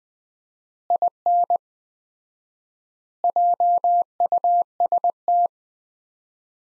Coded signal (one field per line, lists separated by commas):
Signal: Morse code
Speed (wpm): 20 wpm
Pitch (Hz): 700 Hz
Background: none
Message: IN JUST